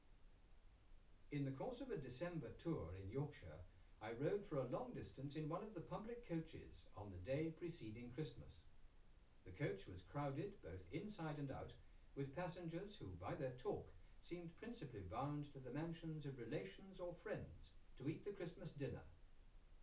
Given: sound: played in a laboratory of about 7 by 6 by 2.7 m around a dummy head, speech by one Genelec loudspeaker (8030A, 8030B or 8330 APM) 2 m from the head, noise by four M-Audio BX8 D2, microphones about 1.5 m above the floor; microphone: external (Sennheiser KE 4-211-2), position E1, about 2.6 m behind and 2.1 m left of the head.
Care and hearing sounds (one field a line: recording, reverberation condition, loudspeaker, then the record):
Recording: male speech in English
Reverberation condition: low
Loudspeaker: 30 degrees to the right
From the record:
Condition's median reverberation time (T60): about 310 ms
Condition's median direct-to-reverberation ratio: about 3.5 dB